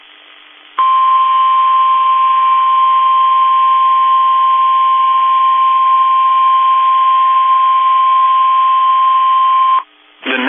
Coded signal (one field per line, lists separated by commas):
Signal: Emergency Alert System (SAME) tones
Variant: 1050 Hz attention tone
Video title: EAS Timeline | Kansas Supercells Prompts Tornado Emergency | NOAA Weather Radio